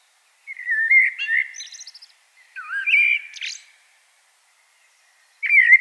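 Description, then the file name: Common blackbird singing two short mellow warbled phrases, each ending in thin squeaky notes, with a third phrase starting after a silent gap. "Turdus merula"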